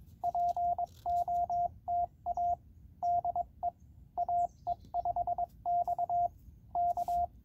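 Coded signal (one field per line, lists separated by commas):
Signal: Morse code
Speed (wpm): 22 wpm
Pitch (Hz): 700 Hz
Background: radio noise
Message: POTA DE AE5X K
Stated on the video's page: Penntek TR-45L CW memory function and notch filter.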